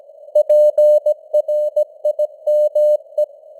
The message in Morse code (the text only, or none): PRIME